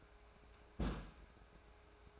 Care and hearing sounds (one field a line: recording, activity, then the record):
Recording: daily activity, microphone in the room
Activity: place on stove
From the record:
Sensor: 2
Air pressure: 1010.2 hPa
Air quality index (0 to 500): 159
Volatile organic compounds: 7 ppm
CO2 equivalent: 1992 ppm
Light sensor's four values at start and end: 41/98/44/50 and 41/97/44/50